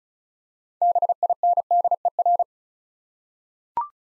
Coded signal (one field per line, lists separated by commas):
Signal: Morse code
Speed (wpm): 36 wpm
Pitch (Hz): 700 Hz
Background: none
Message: BINDER